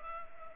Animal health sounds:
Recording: mosquito wingbeat signal from an infrared sensor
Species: Culex pipiens

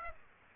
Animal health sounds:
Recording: mosquito wingbeat signal from an infrared sensor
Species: Aedes aegypti

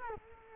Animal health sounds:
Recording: mosquito wingbeat signal from an infrared sensor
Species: Culex quinquefasciatus

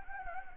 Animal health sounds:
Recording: mosquito wingbeat signal from an infrared sensor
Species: Anopheles gambiae

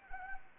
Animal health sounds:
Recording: mosquito wingbeat signal from an infrared sensor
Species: Anopheles arabiensis

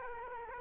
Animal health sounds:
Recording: mosquito wingbeat signal from an infrared sensor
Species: Culex quinquefasciatus

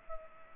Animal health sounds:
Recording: mosquito wingbeat signal from an infrared sensor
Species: Culex pipiens

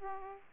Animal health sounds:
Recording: mosquito wingbeat signal from an infrared sensor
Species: Aedes aegypti

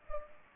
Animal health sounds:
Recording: mosquito wingbeat signal from an infrared sensor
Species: Culex pipiens

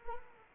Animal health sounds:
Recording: mosquito wingbeat signal from an infrared sensor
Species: Anopheles arabiensis

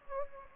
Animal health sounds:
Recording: mosquito wingbeat signal from an infrared sensor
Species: Anopheles gambiae

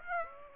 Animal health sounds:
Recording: mosquito wingbeat signal from an infrared sensor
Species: Aedes aegypti

